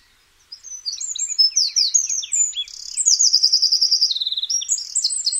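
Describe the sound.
Wren song bursting out: rapid, very high twittering phrases, then an extended machine-gun trill and further quick rattling notes, all delivered at great speed.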